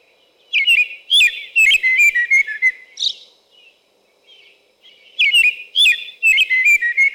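American robin singing bright whistled phrases in a steady string, a husky note, a quiet pause, then the caroling resumes.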